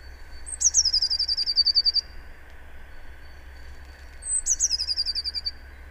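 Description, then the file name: Eurasian blue tit: two phrases, each a sharp high note leading into a quick, even trill that slips slightly lower, about four seconds apart, over steady background hum. "Cyanistes caeruleus"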